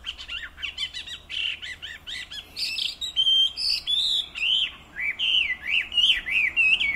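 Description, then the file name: Chinese hwamei song, a varied flow of melodious, slurred whistles and chirps, phrases repeated with changes throughout. "Garrulax canorus"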